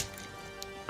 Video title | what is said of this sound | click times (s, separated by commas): TRANSFORMERS Devastator QUICK CHANGE Knock Off Review | It snapped into place. | 0.6 s, 0.9 s